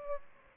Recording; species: mosquito wingbeat signal from an infrared sensor; Aedes aegypti